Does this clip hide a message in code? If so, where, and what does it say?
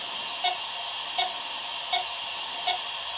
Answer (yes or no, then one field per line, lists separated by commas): no